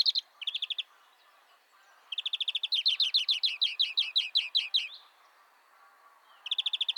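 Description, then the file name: European greenfinch calls in fast twittering trills, including one long run of wavering, rolling notes lasting about three seconds. "Chloris chloris"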